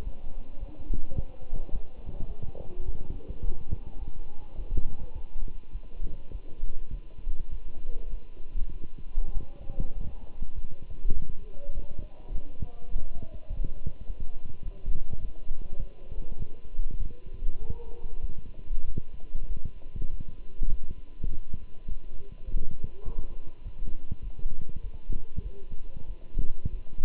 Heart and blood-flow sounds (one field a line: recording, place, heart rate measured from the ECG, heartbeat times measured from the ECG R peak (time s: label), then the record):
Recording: heart sounds by stethoscope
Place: between the tricuspid and mitral areas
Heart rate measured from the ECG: 101 bpm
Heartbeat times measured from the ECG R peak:
0.04 s: heartbeat
0.59 s: heartbeat
1.16 s: heartbeat
1.72 s: heartbeat
2.28 s: heartbeat
2.85 s: heartbeat
3.42 s: heartbeat
3.99 s: heartbeat
4.57 s: heartbeat
5.14 s: heartbeat
5.72 s: heartbeat
6.32 s: heartbeat
6.92 s: heartbeat
7.51 s: heartbeat
8.11 s: heartbeat
8.73 s: heartbeat
9.34 s: heartbeat
9.95 s: heartbeat
10.55 s: heartbeat
11.15 s: heartbeat
11.74 s: heartbeat
12.33 s: heartbeat
12.91 s: heartbeat
13.49 s: heartbeat
14.07 s: heartbeat
14.64 s: heartbeat
15.21 s: heartbeat
15.79 s: heartbeat
16.38 s: heartbeat
16.99 s: heartbeat
17.60 s: heartbeat
18.21 s: heartbeat
18.87 s: heartbeat
19.48 s: heartbeat
20.10 s: heartbeat
20.71 s: heartbeat
21.30 s: heartbeat
21.89 s: heartbeat
22.46 s: heartbeat
23.05 s: heartbeat
23.64 s: heartbeat
24.24 s: heartbeat
24.83 s: heartbeat
25.43 s: heartbeat
26.07 s: heartbeat
26.72 s: heartbeat
From the record:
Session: walking at 3.7 km/h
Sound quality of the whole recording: good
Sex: male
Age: 24 years